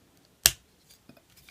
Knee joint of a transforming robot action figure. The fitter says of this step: the trick is to push it until it clicks